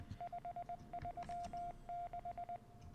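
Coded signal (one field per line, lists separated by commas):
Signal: Morse code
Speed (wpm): 19 wpm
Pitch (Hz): 700 Hz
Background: radio noise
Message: 536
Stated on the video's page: Morse code puzzle within the PC game Secret World Legends.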